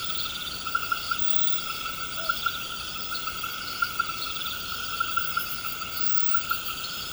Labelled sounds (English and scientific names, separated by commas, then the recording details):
none
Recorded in pastures near Puerto Asís, Putumayo, Colombia, on 21 March 2025 at 20:00
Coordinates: 0.472, -76.329
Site G074